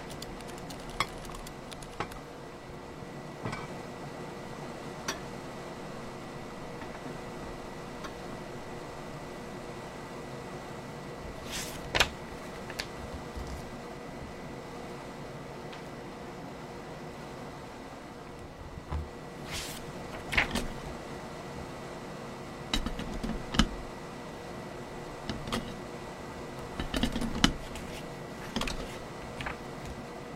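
Scattered taps and clicks from typing and handling paper stand out against a steady low hum with a faint tone. The taps are sparse for the first twenty seconds, then grow busier, with rustling and small clusters of clicks toward the end.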